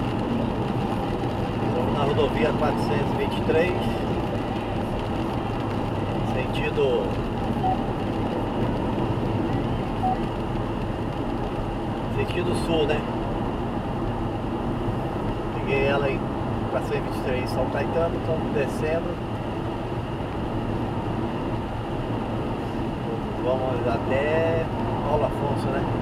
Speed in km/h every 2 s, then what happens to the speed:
93, 94, 95, 95, 95, 97, 98, 98, 100, 102, 104, 105, 106.
0-26 speeds up to 106.